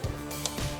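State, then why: Seated. A plastic accessory tray for a Sky-Watcher Skymax 102 AZ Pronto telescope is pushed onto the small bracket with little holes on the tripod legs. It snaps into place with a short, sharp click at 0.45 s over steady background music. The tray seats and feels solid.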